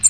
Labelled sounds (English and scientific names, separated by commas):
American Redstart (Setophaga ruticilla) flight call